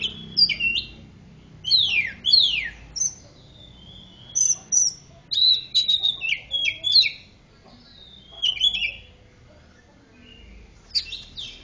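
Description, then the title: Oriental magpie-robin pouring out a long series of varied whistles: steep downward sweeps, bright chips and fluty notes in quick bursts, with soft low-pitched background noise. Champion bird, gacor (singing actively and often); masteran (tutor) song. "Kacer Juara Gacor"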